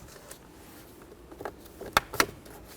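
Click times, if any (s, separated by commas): 2.0 s, 2.2 s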